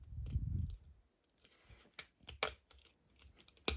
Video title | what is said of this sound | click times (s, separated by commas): ОГЛЯД ТА ВІДСТРІЛ ТАКТИЧНИХ ЗАХИСНИХ ОКУЛЯРІВ OAKLEY 5 ЛІНЗ | раз і два все зафіксовано | 2.4 s, 3.7 s